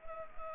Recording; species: mosquito wingbeat signal from an infrared sensor; Anopheles gambiae